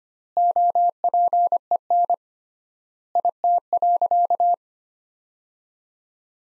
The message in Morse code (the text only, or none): OPEN IT.